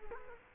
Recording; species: mosquito wingbeat signal from an infrared sensor; Culex quinquefasciatus